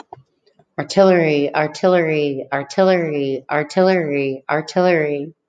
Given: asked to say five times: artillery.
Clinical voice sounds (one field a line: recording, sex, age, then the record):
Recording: repeated word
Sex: female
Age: 40 to 49 years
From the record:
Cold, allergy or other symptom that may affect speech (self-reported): no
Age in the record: 44 years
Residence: Colorado, United States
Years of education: 13